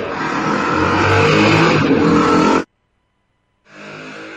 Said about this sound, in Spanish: Una moto pasó en algún lado.